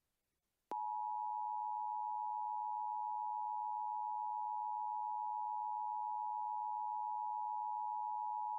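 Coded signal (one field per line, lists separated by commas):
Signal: Emergency Alert System (SAME) tones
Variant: 853 and 960 Hz attention tone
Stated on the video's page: Mock scenario of fictional alerts for a real-life Fortnite storm across the United States.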